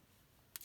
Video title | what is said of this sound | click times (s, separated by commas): General mobile gm 5 plus şebeke çözümü | kablosunu yerine takıyoruz çıt diye bir ses gelmesi gerekiyor çünkü | 0.6 s